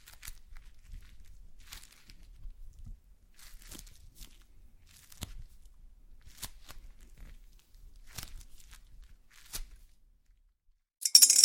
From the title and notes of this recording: ASMR SLIME No Talking Satisfying slime Sounds.